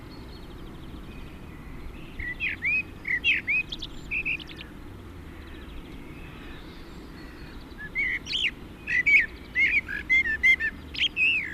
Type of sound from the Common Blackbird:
song